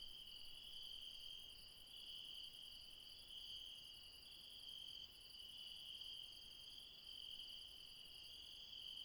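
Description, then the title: Insect chorus of continuous high trilling tones, holding steady throughout. Late night in the mountains at Refuge Krevatia, Barbala (Μπαρμπαλά), Dion, Greece. "Refuge Krevatia, Μπαρμπαλά, Dion 601 00, Greece - Late night mountain insects"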